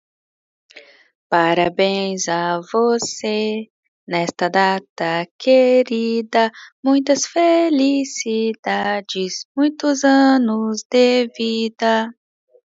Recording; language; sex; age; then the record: short text; Brazilian Portuguese; female; 30 to 39 years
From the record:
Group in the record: control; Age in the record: 34 years